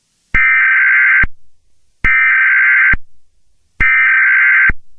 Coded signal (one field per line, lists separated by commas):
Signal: Emergency Alert System (SAME) tones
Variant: header bursts